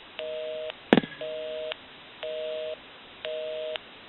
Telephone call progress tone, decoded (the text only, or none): busy tone